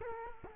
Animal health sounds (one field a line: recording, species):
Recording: mosquito wingbeat signal from an infrared sensor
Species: Culex quinquefasciatus